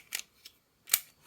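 A plastic cassette figure, the second cassette that had been forgotten, is pushed into the compartment of a Transformers boombox-mode toy. A couple of light plastic clicks come at about 0.1–0.2 s and a faint tick at 0.5 s, then a loud sharp snap at 0.9 s as the cassette seats in place.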